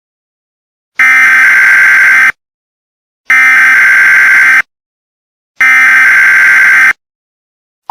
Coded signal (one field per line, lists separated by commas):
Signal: Emergency Alert System (SAME) tones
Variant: header bursts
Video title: Louisiana Catastrophe: An EAS Scenario